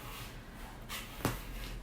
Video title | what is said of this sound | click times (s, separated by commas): Acer SB220Q bi 21.5 Inches Full HD (1920 x 1080) IPS Ultra-Thin Zero Frame Monitor (HDMI & VGA Port) | and ultra slim it just snaps right in | 1.2 s